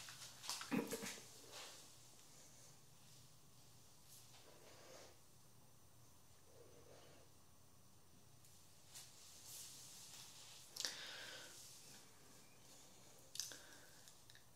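A haircut with no talking: a steady low hum runs throughout while short, bright crisp bursts of snipping and hair rustling come every few seconds, sharpest near the start and again around eleven and thirteen seconds. Softer brushing sounds fill the gaps.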